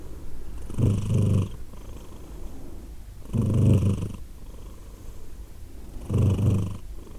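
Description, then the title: Cat purr, low throaty rumble in three strong swells about every two and a half seconds, quieter hum between them. Cat named Edith purring, recorded in Glasgow, Scotland, in December 2023. "Edith purring, Glasgow, Scotland in December 2023 – by Steve Urquhart"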